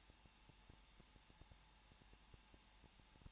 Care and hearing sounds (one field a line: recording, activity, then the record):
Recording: daily activity, microphone in the room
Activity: no activity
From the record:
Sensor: 1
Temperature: 20.0 degrees Celsius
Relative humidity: 39.5%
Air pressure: 1006.4 hPa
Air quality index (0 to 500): 220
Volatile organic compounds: 83 ppm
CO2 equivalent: 3635 ppm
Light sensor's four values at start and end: 1/2/1/1 and 1/2/1/1